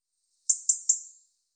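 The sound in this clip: European robin calls: three thin, high, slightly buzzy notes in quick succession, each fading away, against an otherwise silent background.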